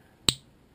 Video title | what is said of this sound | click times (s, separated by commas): Full Disassemble, Cleaning, and Assemble of Glock - PART 2 | and you're going to hear that snap and then you give it a little push back in and it's locked in place | 0.3 s